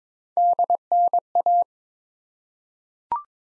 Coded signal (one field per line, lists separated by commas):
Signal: Morse code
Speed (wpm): 22 wpm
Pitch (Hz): 700 Hz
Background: none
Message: DNA